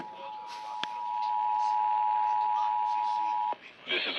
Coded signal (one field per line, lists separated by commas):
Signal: Emergency Alert System (SAME) tones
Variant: 853 and 960 Hz attention tone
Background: speech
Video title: MORE MONITORING STATIONS... EAS Tests from February 2023 (EAS #1,891 - 1,972)